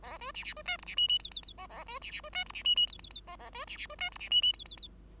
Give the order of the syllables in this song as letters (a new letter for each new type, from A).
A B C C B D E C F F G G G A A B C C B D E C F F G G G A A B C C B D E C F F G G G